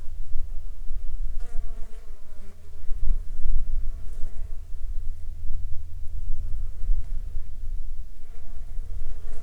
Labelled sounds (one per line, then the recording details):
wind
aircraft
insects
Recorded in the Arctic National Wildlife Refuge, Alaska, on 16 July 2019 at 15:17
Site 35